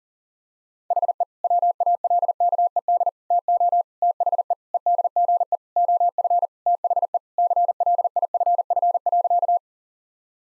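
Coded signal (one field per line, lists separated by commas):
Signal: Morse code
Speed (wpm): 40 wpm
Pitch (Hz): 700 Hz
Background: none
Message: HE WALKED TO THE EDGE OF THE CLIFF.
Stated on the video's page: Morse practice at 40 wpm: sentences of common five-word phrases, with the first words spoken, each sentence sent, spoken, then sent again.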